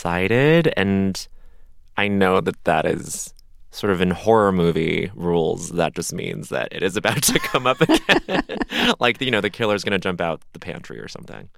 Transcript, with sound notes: And I know that that is - sort of in horror movie rules, that just means that it is about to come up again.
(LAUGHTER)
Like, you know, the killer is going to jump out the pantry or something,